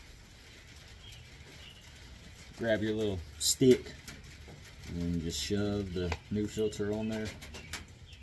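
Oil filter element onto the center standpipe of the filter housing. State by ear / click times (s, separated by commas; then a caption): not seated / none. A new paper oil filter element for a 2013 Passat TDI SE is being handled and shoved onto the plastic center stick of the oil filter housing while someone talks. It is not pushed home yet, and nothing has seated or clicked.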